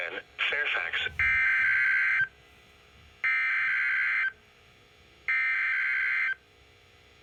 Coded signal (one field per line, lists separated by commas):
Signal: Emergency Alert System (SAME) tones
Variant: header bursts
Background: speech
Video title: Snow Squall Warning [EAS #1362] (1/8/2020)